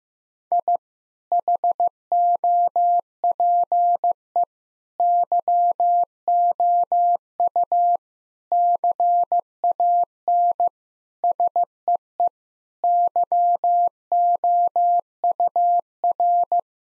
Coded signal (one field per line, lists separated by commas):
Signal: Morse code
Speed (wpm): 15 wpm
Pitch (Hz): 700 Hz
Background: none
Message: I HOPE YOU CAN SEE YOUR